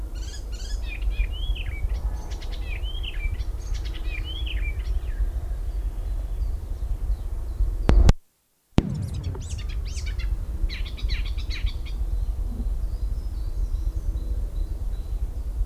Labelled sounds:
Marsh Warbler (Acrocephalus palustris) song

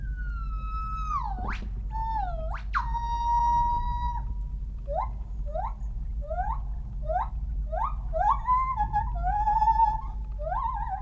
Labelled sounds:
Northern White-cheeked Gibbon (Nomascus leucogenys)

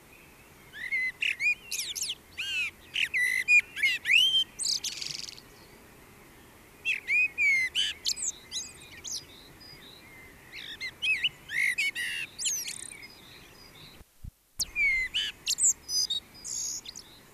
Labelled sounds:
Common Blackbird (Turdus merula) song

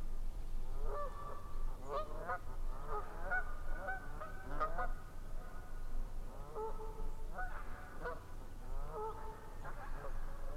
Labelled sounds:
Canada Goose (Branta canadensis) call

